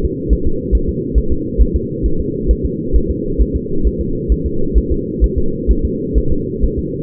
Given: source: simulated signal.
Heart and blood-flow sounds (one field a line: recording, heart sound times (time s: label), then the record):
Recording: fetal heart sounds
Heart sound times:
0.05 s: S2
0.33 s: S1
0.47 s: S2
0.75 s: S1
0.89 s: S2
1.18 s: S1
1.32 s: S2
1.61 s: S1
1.76 s: S2
2.06 s: S1
2.20 s: S2
2.51 s: S1
2.66 s: S2
2.96 s: S1
3.11 s: S2
3.41 s: S1
3.56 s: S2
3.87 s: S1
4.01 s: S2
4.32 s: S1
4.46 s: S2
4.78 s: S1
4.92 s: S2
5.24 s: S1
5.38 s: S2
5.71 s: S1
5.85 s: S2
6.18 s: S1
6.32 s: S2
6.64 s: S1
6.79 s: S2
From the record:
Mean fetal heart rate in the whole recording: 135 bpm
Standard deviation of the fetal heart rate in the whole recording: 3 bpm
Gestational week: 34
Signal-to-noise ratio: -8.1 dB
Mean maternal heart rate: 72 bpm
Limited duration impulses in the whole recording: absent